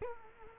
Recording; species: mosquito wingbeat signal from an infrared sensor; Culex quinquefasciatus